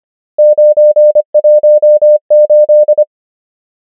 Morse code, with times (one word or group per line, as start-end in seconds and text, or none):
0.4-1.2 9
1.4-2.2 1
2.3-3.0 8